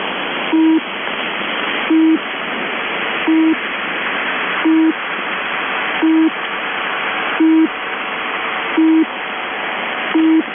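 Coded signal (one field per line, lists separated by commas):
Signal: channel marker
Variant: UVB-76 (The Buzzer)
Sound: short low buzzes repeating about every 1.4 seconds, eight in all, over constant hiss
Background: radio static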